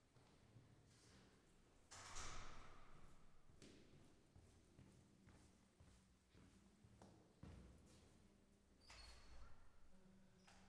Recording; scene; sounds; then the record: everyday scene through a hearing-aid microphone; reverberant space; speech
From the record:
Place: staircase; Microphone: behind the ear, left, front